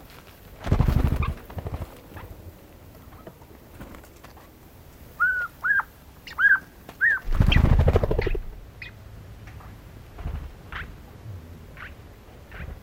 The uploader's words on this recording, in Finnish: Viikon luontoääni: Kuukkeli.